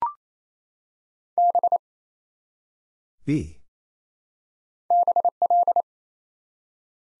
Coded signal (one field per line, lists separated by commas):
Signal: Morse code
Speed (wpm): 28 wpm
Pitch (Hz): 700 Hz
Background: none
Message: B BL